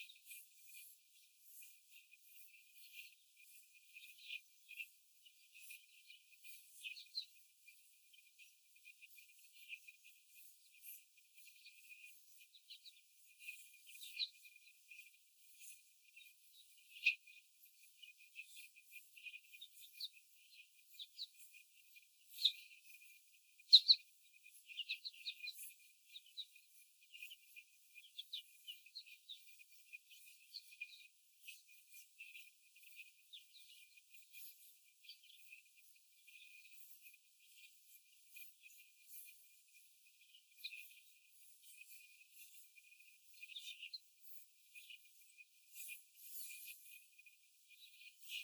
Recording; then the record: young laying hens in a cage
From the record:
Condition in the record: after the stressor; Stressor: simulated dog barking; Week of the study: 4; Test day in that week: 1